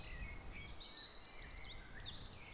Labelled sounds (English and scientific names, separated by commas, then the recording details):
Common Blackbird (Turdus merula)
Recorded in Germany
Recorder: ecoPi